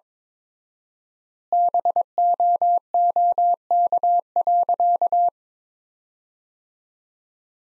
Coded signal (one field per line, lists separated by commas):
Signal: Morse code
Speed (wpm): 22 wpm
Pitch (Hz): 700 Hz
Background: none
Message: BOOK.